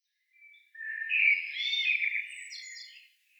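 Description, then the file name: Eurasian blackbird giving a single song phrase, a rich fluty warble sliding through low notes before a thin, high chattering tail. "Turdus merula"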